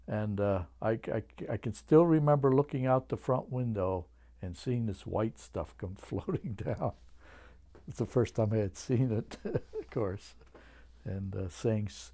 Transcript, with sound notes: And I, I can still remember looking out the front window and seeing this white stuff come floating down. (he laughs) It's the first time I had seen it, of course. And saying,